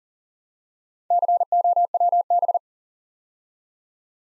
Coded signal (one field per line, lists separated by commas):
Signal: Morse code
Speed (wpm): 41 wpm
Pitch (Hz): 700 Hz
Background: none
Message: COWB